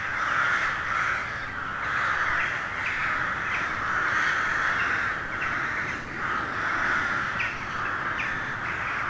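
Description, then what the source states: Crows in full chorus, hoarse caws overlapping continuously, rising and falling in waves of loudness. Hundreds of crows settling to roost for the night in a poplar wood at Neuflize, in winter at nightfall.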